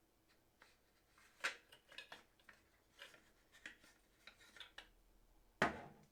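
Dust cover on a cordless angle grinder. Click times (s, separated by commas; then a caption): 5.6 s. The plastic dust cover is refitted onto the base of a Parkside PERFORMANCE 12V cordless angle grinder, with light plastic ticks and rubbing as it is handled and lined up, including a sharper knock at 1.5 s. A loud, sharp snap at 5.6 s marks the cover seating in place.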